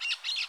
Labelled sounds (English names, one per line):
Brown-throated Parakeet contact call